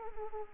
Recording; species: mosquito wingbeat signal from an infrared sensor; Anopheles arabiensis